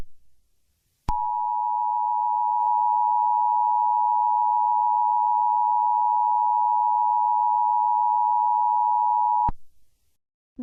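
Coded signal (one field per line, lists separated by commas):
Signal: Emergency Alert System (SAME) tones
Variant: 853 and 960 Hz attention tone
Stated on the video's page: Fictional simulated EAS scenario of a tornado event.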